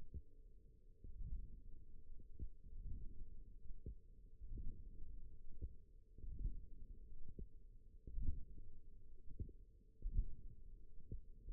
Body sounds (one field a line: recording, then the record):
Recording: forearm muscle sounds (acoustic myography)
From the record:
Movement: hook grip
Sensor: system 1, eight BSWA MPA416 microphones around the upper forearm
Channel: 2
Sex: female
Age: 20 years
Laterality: right